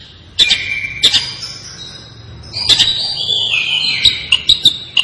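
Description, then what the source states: Long-tailed shrike song: sharp clicks, then sustained whistled notes that shift between pitches, ending in a run of quick accented notes. Described as 'gacor', meaning the bird sings actively and continuously.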